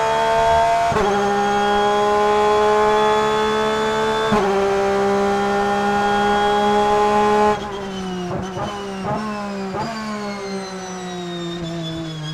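Porsche 911 RSR in-car engine holds a loud, steady high drone, briefly dips near one and four seconds, then drops quieter with rapid gear shifts.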